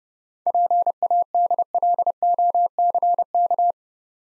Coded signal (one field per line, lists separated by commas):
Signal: Morse code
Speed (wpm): 33 wpm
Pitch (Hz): 700 Hz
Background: none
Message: PADLOCK